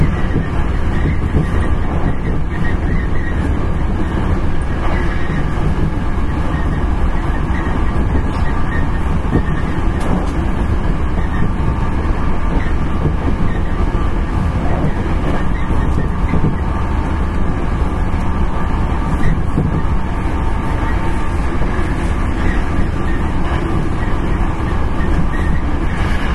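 A Series 9300 express train runs along the Kyoto Line, a steady, dense rumble of wheels and motor that holds at an even loudness for the whole stretch. Faint rhythmic rail clatter and a thin whine ride over the deep, continuous roar.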